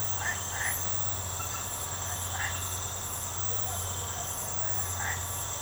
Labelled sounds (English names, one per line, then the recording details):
none
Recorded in secondary vegetation near Puerto Asís, Putumayo, Colombia, on 24 March 2025 at 23:00
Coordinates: 0.468, -76.324
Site G059